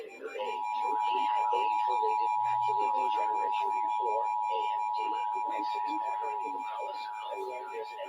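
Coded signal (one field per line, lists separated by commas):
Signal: Emergency Alert System (SAME) tones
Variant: 853 and 960 Hz attention tone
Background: speech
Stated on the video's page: 2023 National EAS test received on KNOW and WCCO.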